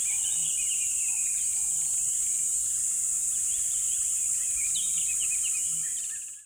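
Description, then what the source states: Birds chirp and twitter in a tangle of short notes under a loud steady hiss, fading out at the very end. Birds chirping in a river bed at dawn, with chirping increasing.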